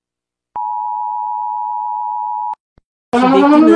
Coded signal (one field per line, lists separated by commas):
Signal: Emergency Alert System (SAME) tones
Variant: 853 and 960 Hz attention tone